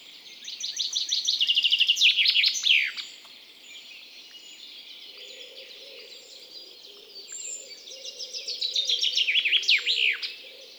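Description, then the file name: Common chaffinch, two song phrases several seconds apart, each a descending series of rapid repeated notes ending in a flourish; a faint low hum in the second half. "Fringilla coelebs"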